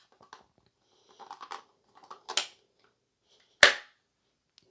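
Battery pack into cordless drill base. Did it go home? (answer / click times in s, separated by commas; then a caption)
yes / 3.6 s. A 16V battery pack is slid into the base of a Hanabi 16V cordless drill, giving a few light scraping and rattling sounds as it goes in. A sharp, loud click at 3.6 s marks the battery seating in place.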